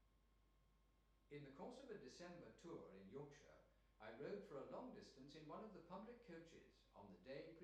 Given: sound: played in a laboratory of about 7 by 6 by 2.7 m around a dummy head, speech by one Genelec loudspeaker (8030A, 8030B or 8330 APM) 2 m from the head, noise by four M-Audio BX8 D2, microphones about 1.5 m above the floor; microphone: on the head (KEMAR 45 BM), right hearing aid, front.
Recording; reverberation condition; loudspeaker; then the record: male speech in English; medium; 90 degrees to the left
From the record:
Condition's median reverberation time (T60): about 510 ms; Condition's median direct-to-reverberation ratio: about -0.5 dB